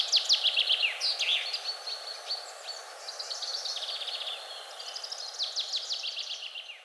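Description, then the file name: Common chaffinch song phrases, fast descending trills of high notes tumbling one after another over a faint steady hum. "Fringilla coelebs"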